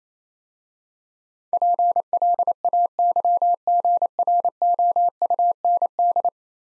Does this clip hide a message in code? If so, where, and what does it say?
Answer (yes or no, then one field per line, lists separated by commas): yes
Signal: Morse code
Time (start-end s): 1.5-6.3 s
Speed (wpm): 29 wpm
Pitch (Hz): 700 Hz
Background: none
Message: PLAYGROUND